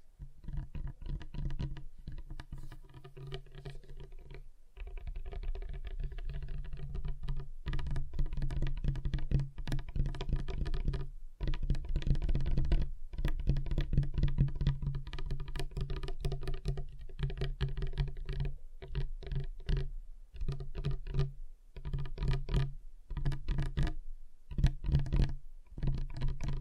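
Fingers tap rapidly on a table in dense, uneven bursts with a low thudding body, broken by several brief silent pauses throughout.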